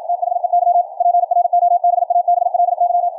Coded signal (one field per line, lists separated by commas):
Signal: Morse code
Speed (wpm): 55 wpm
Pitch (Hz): 700 Hz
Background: radio noise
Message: THEY PROBABLY